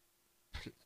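A single cough heard in the background.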